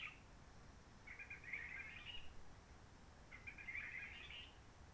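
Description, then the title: Réunion bulbul song: two soft warbled phrases separated by a short pause, over a steady low background hiss. Roche Merveilleuse forest, Réunion; quiet since 19 March 2020 lockdown, no visitors, microlights or helicopters; sunny, blue sky; birds not very active; sings simpler short phrases, adapted to noise pollution. "Roche Merveilleuse, Réunion - Merle de lîle de la Réunion."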